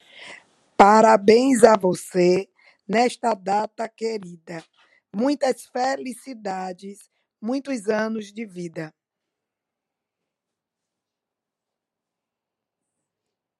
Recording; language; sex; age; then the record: short text; Brazilian Portuguese; female; 60 to 69 years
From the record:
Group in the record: control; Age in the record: 68 years